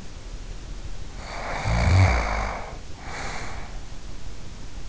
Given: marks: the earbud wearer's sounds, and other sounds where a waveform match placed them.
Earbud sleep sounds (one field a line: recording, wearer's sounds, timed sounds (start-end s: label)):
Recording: sounds in sleep by an in-ear microphone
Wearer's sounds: snoring breath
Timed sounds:
1.10-3.93 s: snoring breath